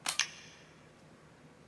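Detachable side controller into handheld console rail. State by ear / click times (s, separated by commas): seated / 0.1 s, 0.2 s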